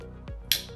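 The three legs of the tripod base on a camera monopod are opened and lock into place automatically with one loud, sharp snap at 0.5 s, after a softer low thump at about 0.3 s over a steady low hum. The legs are seated.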